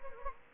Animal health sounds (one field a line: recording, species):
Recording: mosquito wingbeat signal from an infrared sensor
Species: Anopheles gambiae